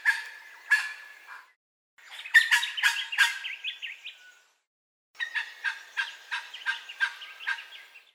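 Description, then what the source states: A bird gives rough, rapid repeated notes mixed with brief warbling squeaks, in three bursts separated by short pauses. Call sequence recorded at Lithgow in stereo.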